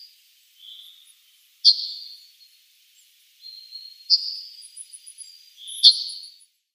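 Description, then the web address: Yellowhammer calls: sharp high clicks that run into drawn-out buzzy notes, repeated irregularly every couple of seconds, with thin faint chirps higher above. "Schulze Peter Yellowhammer calls"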